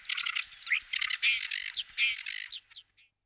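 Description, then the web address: Common starling song: a rapid jumble of chattering, clicking notes with short whistles and slurred squeaks, continuous for about three seconds, then fading to silence. "Voegel Star"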